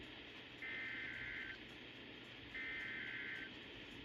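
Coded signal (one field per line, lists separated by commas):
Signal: Emergency Alert System (SAME) tones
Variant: header bursts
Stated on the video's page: Captures of EAS alerts and weather radio broadcasts.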